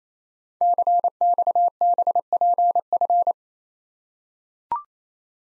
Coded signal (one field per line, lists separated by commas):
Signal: Morse code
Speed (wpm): 28 wpm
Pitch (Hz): 700 Hz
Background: none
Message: CXBPF